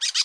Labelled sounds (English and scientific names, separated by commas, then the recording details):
Brown-throated Parakeet (Eupsittula pertinax) contact call
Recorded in Curacao
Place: N of oil terminal (Bullenbaai)
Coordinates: 12.200, -69.020